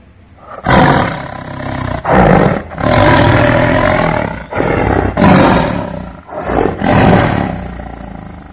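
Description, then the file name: Tiger roaring almost without pause: long, loud, rough roars broken by brief gaps, rich in low harmonics throughout. "Tieng ho gam"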